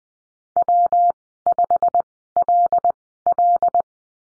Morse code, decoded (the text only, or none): W5LL